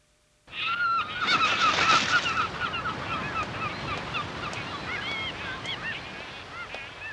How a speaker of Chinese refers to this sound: 哇，好多海鸥啊！ 食啦！ 他们好像一点都不怕人。